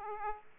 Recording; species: mosquito wingbeat signal from an infrared sensor; Aedes aegypti